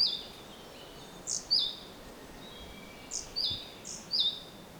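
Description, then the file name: Great tit calls: thin high notes, each followed by a lower, slurred note, given in short bursts over a steady background hiss. "Parus major"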